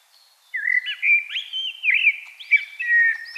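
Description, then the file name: Common blackbird singing a continuous, rich warbling phrase of looping fluted notes. "Turdus merula"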